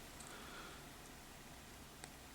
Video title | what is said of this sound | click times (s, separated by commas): Collectible Spot - Hasbro G.I.JOE Kre-o Collection 1 Blind Bags OPENING! | snap into place and you've got his other gun | 2.0 s